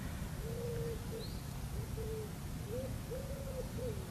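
A pigeon coos in a series of soft, low, hollow phrases, a few short calls then a longer rolling one, over a steady background hiss with one faint high chirp, in a small nature area with cows and birds around.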